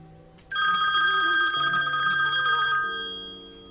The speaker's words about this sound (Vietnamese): Điện thoại trong túi quần của cậu vang